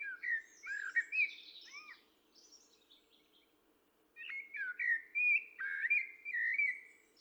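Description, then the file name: Common blackbird song with looping, whistled notes and a high scratchy flourish, a quiet pause, then another phrase of clear sliding whistles. "Turdus merula"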